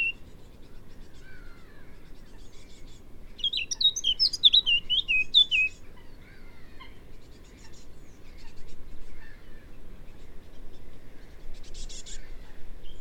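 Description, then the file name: Eurasian blackcap song: a brief burst of rapid, fluting warbled notes near the middle, over a steady low rumble. "Sylvia atricapilla"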